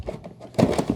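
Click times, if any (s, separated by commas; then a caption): none. A mop pad attachment is hooked under the plastic underside of an iRobot Roomba Combo j5+ robot vacuum and rotated upward by hand. Light plastic knocks and taps are heard at about 0.1 s and 0.3 s, followed by louder, denser rubbing and handling from about 0.6 s with another knock near 0.9 s. Nothing has seated or clicked into place yet.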